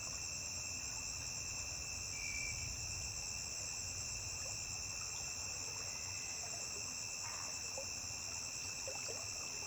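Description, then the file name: Cricket song, a piercing steady drone held the whole time, with a soft gurgle of water. A single high-pitched cricket singing by a riverbank. "Grilo agudo isola cantando beira de rio"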